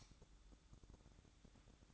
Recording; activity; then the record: daily activity, microphone in the room; light off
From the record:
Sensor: 3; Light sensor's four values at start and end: 11/27/11/11 and 11/26/11/11